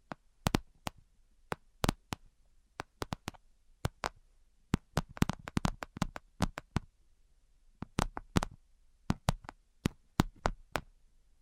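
Tapping in the ASMR style: sharp, crisp taps that land irregularly, sometimes alone and sometimes in quick clusters, with the busiest stretch around five to seven seconds. Each tap is bright and short, with soft low thuds and faint rustle between them.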